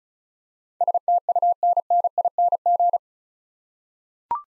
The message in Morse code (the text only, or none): STUNNING